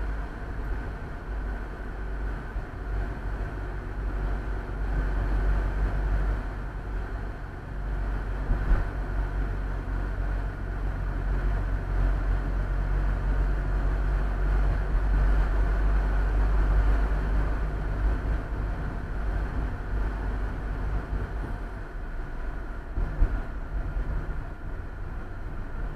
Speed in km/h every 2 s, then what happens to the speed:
41, 41, 43, 41, 40, 37, 39, 40, 41, 41, 40, 38, 36.
0-18 steady at about 41.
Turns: none.